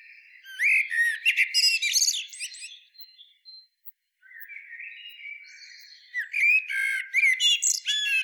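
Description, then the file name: Common blackbird: a burst of squeaky twittering, a pause with a soft drawn-out note, then another energetic high twittering phrase. "Turdus merula"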